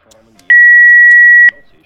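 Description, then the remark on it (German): A single steady electronic beep from a telephone, high and loud, holds for about a second, with faint voices murmuring underneath before and after. “Ach komm mit, du Scheiß-Telefon! Klappe auf!”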